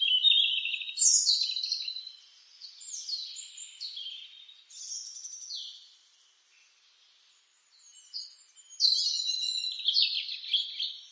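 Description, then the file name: European robin song: quick tumbling phrases of thin, high whistles and trills with sharp pitch jumps, pausing briefly before a fresh burst of warbling. "Rudzik"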